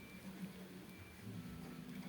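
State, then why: Not seated. The two plastic shell halves of a Loops X26 TWS wireless Bluetooth earbud charging case are fitted and lined up by hand before pressing. Only a steady low hum with faint rustling handling is heard, with no sharp sounds. The case is not yet pressed closed, and nothing has clicked or seated yet.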